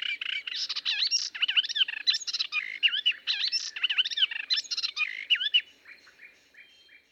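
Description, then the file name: Melodious warbler song with rapid, varied warbling: swooping whistled notes mixed with scratchy chatter, ending abruptly. "British Library - Melodious Warbler Hippolais polyglotta"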